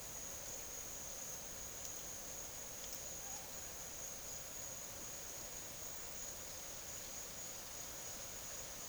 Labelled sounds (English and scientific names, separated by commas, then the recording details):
none
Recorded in secondary vegetation near Puerto Asís, Putumayo, Colombia, on 25 June 2025 at 13:30
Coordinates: 0.489, -76.322
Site G021